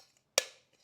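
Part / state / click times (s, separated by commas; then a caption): plastic pot top into clear reservoir base / seated / 0.4 s. A white plastic top of a wick-watering pot is squeezed down and around onto its clear plastic base. A single sharp, bright click sounds at 0.4 s and rings briefly before fading. The top snaps into place and holds firmly on the base.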